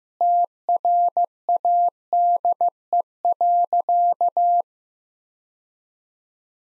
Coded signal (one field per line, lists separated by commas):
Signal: Morse code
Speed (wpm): 15 wpm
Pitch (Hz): 700 Hz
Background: none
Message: TRADE.